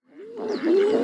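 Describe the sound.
King eider call, a single low crooning note that rises and swells in strength over about one second.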